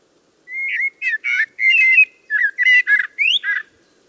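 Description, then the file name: Common blackbird delivering one continuous phrase of fluty, slurred whistles broken into several bursts, ending with a rising squeak and a low warble. "Turdus merula"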